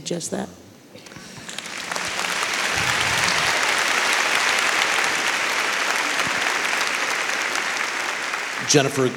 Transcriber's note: applause